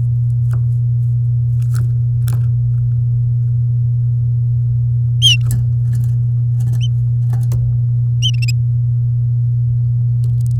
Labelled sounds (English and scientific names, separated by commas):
Domestic Canary (Serinus canaria) song